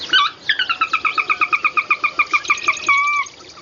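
Sora whinny: a rapid run of many clipped, whistled notes at a steady pitch, ending in one longer, level whistle.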